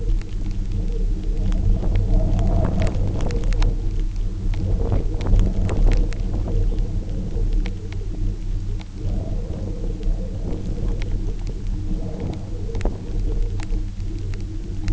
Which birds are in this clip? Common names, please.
none